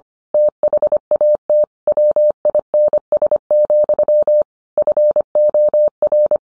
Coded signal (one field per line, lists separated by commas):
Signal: Morse code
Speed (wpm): 25 wpm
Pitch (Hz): 600 Hz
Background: none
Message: THAT WINS, FOR